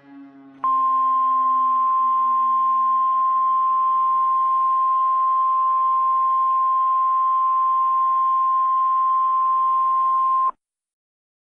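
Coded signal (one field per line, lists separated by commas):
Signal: Emergency Alert System (SAME) tones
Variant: 1050 Hz attention tone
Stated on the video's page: Fictional EAS scenario with simulated alerts, including hijack warnings and a global alert.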